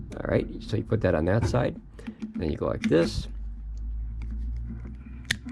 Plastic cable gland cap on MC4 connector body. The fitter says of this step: you hear the one click and I'm done that's it so guys basically what I just did with this